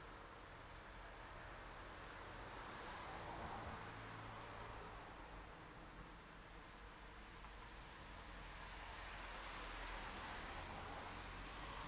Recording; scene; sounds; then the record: everyday scene through a hearing-aid microphone; in traffic; traffic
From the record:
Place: city secondary road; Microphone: in the ear canal, right